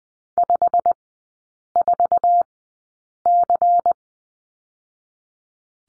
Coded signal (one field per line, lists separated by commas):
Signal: Morse code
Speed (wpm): 20 wpm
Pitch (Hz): 700 Hz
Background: none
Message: 54C